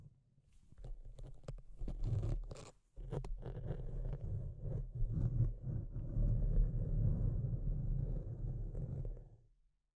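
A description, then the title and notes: Deep scratching, low and rumbling, with rough scrapes and sharp strokes near the start, a brief pause near three seconds, then continuous grinding. ASMR Deep Scratching. (No Talking).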